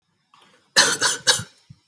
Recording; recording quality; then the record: shallow voluntary cough; excellent, no background noise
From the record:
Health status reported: healthy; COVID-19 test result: not tested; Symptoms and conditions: none ticked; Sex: male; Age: 23 years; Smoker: not ticked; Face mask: not worn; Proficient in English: yes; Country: India